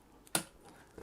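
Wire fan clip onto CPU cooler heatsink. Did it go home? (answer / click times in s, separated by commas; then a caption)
yes / 0.3 s. A wire spring clip holding a 120 mm fan is stretched over the back of an ID-Cooling SE-214-XT ARGB CPU tower cooler's aluminium fin stack and snaps into its hook. A sharp, bright metallic click at 0.4 s stands out over a quiet background, with a faint tick just before it and soft handling noise afterward. The clip locks into place and the fan is seated.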